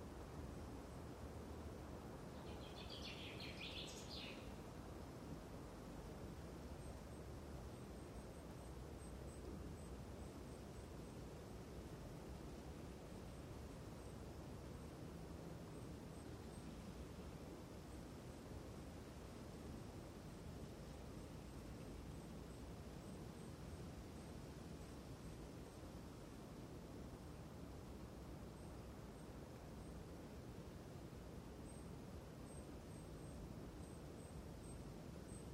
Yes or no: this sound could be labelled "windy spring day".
yes